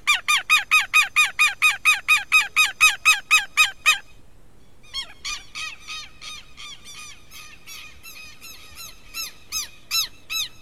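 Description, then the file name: Southern lapwing giving a fast run of harsh, strident notes, about four per second for four seconds, then a brief pause and a fainter, looser series of similar calls. "canto do abibe do sul"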